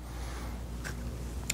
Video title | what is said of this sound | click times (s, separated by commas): Dyson DC65 Animal Unboxing and First Look | this only goes in one way clicks right down and | 1.5 s